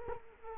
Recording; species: mosquito wingbeat signal from an infrared sensor; Culex quinquefasciatus